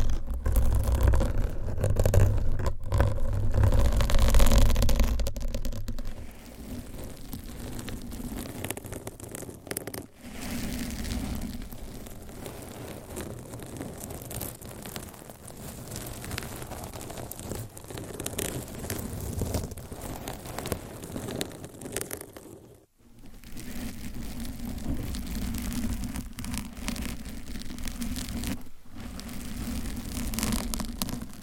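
Nails scratch across microphone covers in a continuous, dense rasping texture, with a steady low rumble underneath. The first five seconds are loudest and roughest, then the scratching settles to an even level, broken by brief pauses near 10, 23 and 29 seconds.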